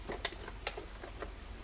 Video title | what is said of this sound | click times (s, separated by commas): 2006-2016 Impala/Limited (9th Gen) Instrument Cluster Removal and Lens Replacement | it's all it just snapped right in like nothing so | 0.2 s, 0.7 s